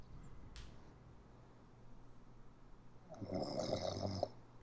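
One rattling, fluttering snore lasting about a second from an adult who has fallen asleep, over a faint steady low hum in a quiet room.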